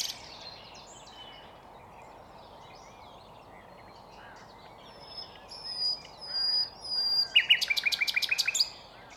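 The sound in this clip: Nightingale song: faint scattered high notes, then a loud rapid series of sharp repeated chirps near the end over steady low background hiss.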